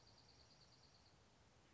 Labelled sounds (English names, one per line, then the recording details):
Dark-eyed Junco
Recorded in Sonoma County, California